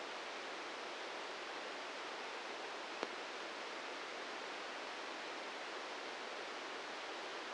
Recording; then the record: brain microelectrode recording played as sound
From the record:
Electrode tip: inside the subthalamic nucleus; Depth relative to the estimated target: -1 mm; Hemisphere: right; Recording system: NeuroSet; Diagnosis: Parkinson's disease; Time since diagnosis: 13 years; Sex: male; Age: 63 years